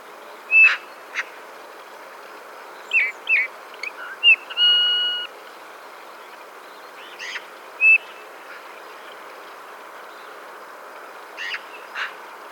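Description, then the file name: Eurasian bullfinch soft piping whistles, two short level notes, among busier chirps and a longer drawn-out whistle. "Pyrrhula pyrrhula"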